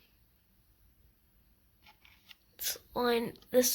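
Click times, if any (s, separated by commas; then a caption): none. A second RAM memory module is lined up over the motherboard memory slot before being pushed in, with faint handling ticks around 2.1 and 2.3 seconds. Someone then talks. Nothing has seated or clicked yet.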